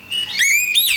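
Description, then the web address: Bird calling with a clear whistled tone that dips, steadies, then swoops up and back down near the end. "Chika Pengusir-Hama-Burung-Otomatis. bird Recording 24"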